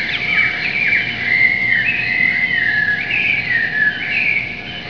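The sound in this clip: Bird giving a continuous run of whistled, warbling notes that rise and fall, over steady background noise and a faint hum.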